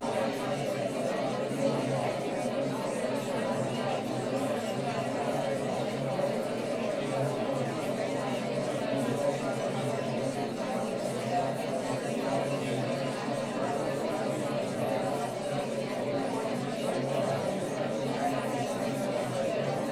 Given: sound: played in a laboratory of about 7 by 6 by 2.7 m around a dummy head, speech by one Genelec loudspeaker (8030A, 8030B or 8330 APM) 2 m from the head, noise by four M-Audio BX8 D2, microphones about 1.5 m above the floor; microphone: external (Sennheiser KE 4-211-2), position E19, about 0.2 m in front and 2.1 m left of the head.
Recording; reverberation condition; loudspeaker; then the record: babble noise; low; four, about 170 cm from the corners of the room and facing them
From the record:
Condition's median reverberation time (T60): about 310 ms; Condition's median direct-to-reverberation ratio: about 3.5 dB